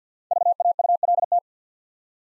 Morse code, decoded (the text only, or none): VAULT